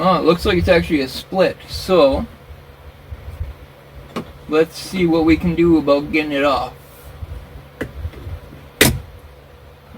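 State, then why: Released. On a 2003 Mitsubishi Galant, a split plastic interior trim piece held by a snap fit is being worked off during dashboard disassembly while someone talks. Small ticks come at 4.2 s and 7.8 s. A loud, sharp pop at 8.8 s marks the piece snapping free of its clip and releasing.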